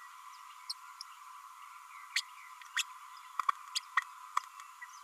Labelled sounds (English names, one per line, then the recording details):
Green-rumped Parrotlet babbling
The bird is a male
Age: 33 days
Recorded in a nest box in Venezuela
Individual 17B32A6